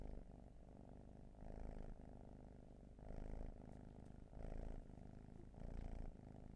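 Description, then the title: Cat purring in a clear rhythm, louder and softer phases alternating roughly every one and a half seconds as the cat breathes in and out. Raw field recording. "Field Recs Purrathon RAW"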